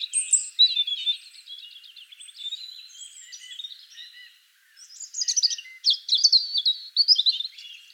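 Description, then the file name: European robin warbling continuously in high, liquid trills and thin whistles, dipping briefly quiet before a louder sparkling sequence. "Erithacus rubecula"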